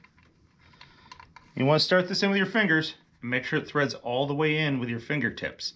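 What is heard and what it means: A metal oil drain plug is brought by hand to the drain hole of an M8 Softail Low Rider ST motorcycle oil pan and lined up to be started by hand before it is threaded and snugged. A few faint, sharp ticks sound between about 0.1 and 1.4 seconds, then someone talks from about 1.6 seconds to the end. Nothing has seated or clicked yet.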